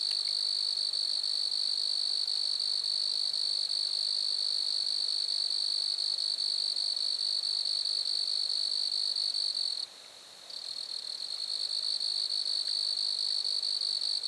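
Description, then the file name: Grasshopper buzzing, a long steady high drone broken by a brief gap late on before resuming. Grasshoppers recorded at Lac-à-François, Montcerf-Lytton, Quebec, Canada. "criquets-grasshoppers- -lac-acc 80-franccca 7 ois-montcerf-lytton-quecc 81 bec-canada"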